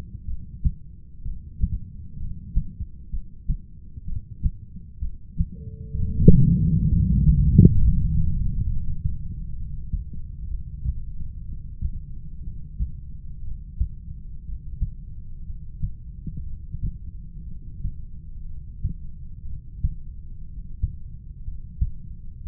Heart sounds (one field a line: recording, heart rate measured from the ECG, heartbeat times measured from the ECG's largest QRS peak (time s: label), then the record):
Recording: heart sounds by stethoscope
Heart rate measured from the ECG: 62 bpm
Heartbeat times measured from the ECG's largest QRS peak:
0.25 s: heartbeat
1.22 s: heartbeat
2.17 s: heartbeat
3.10 s: heartbeat
4.05 s: heartbeat
4.99 s: heartbeat
5.94 s: heartbeat
6.88 s: heartbeat
7.75 s: heartbeat
8.65 s: heartbeat
9.56 s: heartbeat
10.49 s: heartbeat
11.46 s: heartbeat
12.44 s: heartbeat
13.43 s: heartbeat
14.44 s: heartbeat
15.45 s: heartbeat
16.45 s: heartbeat
17.46 s: heartbeat
18.46 s: heartbeat
19.45 s: heartbeat
20.44 s: heartbeat
21.43 s: heartbeat
22.41 s: heartbeat
From the record:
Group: heart failure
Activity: rest 0-6 s, breath hold 6-22 s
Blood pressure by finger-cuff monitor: 121/83 mmHg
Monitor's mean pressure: 97 mmHg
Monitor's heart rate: 63 bpm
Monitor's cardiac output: 6.6 L/min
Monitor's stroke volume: 105 mL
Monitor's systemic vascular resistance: 1070 dyn s/cm5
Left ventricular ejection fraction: 25%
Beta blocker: metoprolol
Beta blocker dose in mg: 62.5 twice daily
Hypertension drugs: ramipril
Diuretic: furosemide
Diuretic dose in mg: 40 twice daily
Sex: male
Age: 57 years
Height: 180 cm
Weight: 90.5 kg